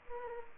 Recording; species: mosquito wingbeat signal from an infrared sensor; Culex pipiens